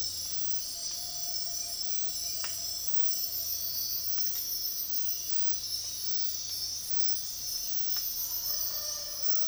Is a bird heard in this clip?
yes